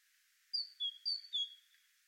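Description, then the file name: Great tit giving two crisp phrases of a high note followed by a lower one, ringing and evenly spaced. "Parus major"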